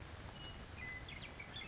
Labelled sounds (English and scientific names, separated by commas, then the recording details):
Western Meadowlark (Sturnella neglecta)
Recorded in Sonoma County, California